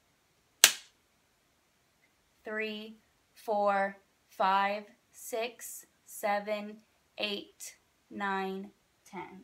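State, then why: Seated. An epinephrine auto-injector pen pressed against a person's thigh fires its needle with a single loud, sharp click at 0.6 s. Someone then talks through the 10-second hold. The pen clicked and locked out, showing it worked.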